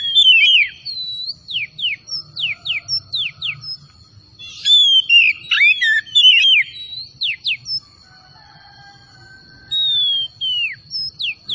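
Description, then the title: Oriental magpie-robin song: series of sharp downslurred whistles and varied warbled phrases, pausing between bursts, with a steady faint high tone behind. Singing vigorously (gacor); 'Tretes' named with the bird. "Kacer Tretes"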